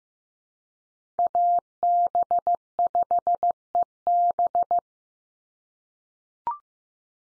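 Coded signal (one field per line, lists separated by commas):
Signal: Morse code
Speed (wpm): 15 wpm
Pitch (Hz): 700 Hz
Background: none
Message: AB5EB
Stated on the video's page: Call signs sent at 15 wpm for head-copy practice, each sent in Morse, then spoken, then sent again.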